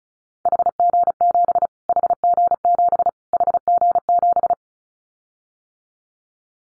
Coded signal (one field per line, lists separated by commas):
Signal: Morse code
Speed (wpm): 34 wpm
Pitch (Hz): 700 Hz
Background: none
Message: HG7 HG7 HG7